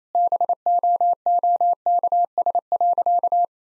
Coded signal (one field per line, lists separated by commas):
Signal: Morse code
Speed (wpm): 28 wpm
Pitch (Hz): 700 Hz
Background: none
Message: BOOKS.